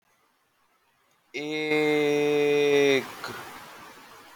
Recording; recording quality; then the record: sustained vowel as in made; excellent, no background noise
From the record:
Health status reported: healthy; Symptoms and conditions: none ticked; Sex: male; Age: 25 years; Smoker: not ticked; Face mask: not worn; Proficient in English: no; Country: India